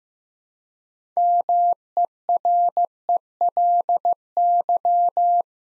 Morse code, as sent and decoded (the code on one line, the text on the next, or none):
-- . .-. . .-.. -.--
MERELY